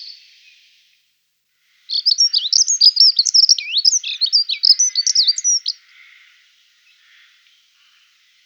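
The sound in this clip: Accentor singing a fast, high, scratchy warble of quick up-and-down notes for about four seconds, then quiet until a brief loud note begins at the very end.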